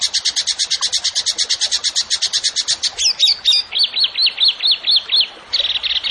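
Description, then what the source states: Bird singing a long volley of quick, high, evenly spaced notes, followed by scratchy chirps, a run of whistled notes and a short rapid trill. Songbird singing actively (gacor) in 'tembakan' style, for training songbirds (masteran).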